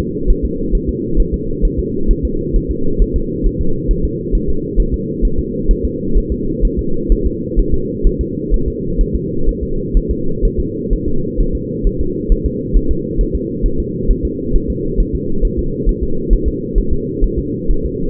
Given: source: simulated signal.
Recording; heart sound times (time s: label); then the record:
fetal heart sounds
0.30 s: S1
0.45 s: S2
0.75 s: S1
0.89 s: S2
1.20 s: S1
1.34 s: S2
1.65 s: S1
1.79 s: S2
2.11 s: S1
2.25 s: S2
2.56 s: S1
2.71 s: S2
3.02 s: S1
3.16 s: S2
3.47 s: S1
3.61 s: S2
3.91 s: S1
4.05 s: S2
4.35 s: S1
4.49 s: S2
4.80 s: S1
4.94 s: S2
5.25 s: S1
5.39 s: S2
5.71 s: S1
5.85 s: S2
6.18 s: S1
6.32 s: S2
6.65 s: S1
6.79 s: S2
7.12 s: S1
7.26 s: S2
7.59 s: S1
7.74 s: S2
8.07 s: S1
8.21 s: S2
8.54 s: S1
8.68 s: S2
9.01 s: S1
9.15 s: S2
9.49 s: S1
9.63 s: S2
9.97 s: S1
10.11 s: S2
10.45 s: S1
10.60 s: S2
10.93 s: S1
11.08 s: S2
11.41 s: S1
11.55 s: S2
11.87 s: S1
12.01 s: S2
12.32 s: S1
12.46 s: S2
12.77 s: S1
12.91 s: S2
13.21 s: S1
13.35 s: S2
13.66 s: S1
13.80 s: S2
14.11 s: S1
14.25 s: S2
14.56 s: S1
14.70 s: S2
15.00 s: S1
15.15 s: S2
15.45 s: S1
15.59 s: S2
15.89 s: S1
16.03 s: S2
16.33 s: S1
16.48 s: S2
16.78 s: S1
16.93 s: S2
17.24 s: S1
17.39 s: S2
17.71 s: S1
17.86 s: S2
From the record:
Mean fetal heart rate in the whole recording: 130 bpm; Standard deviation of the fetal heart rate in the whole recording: 4 bpm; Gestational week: 38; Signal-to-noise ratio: -8.1 dB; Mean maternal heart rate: 72 bpm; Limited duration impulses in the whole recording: absent